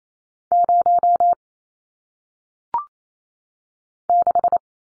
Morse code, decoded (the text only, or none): 0 6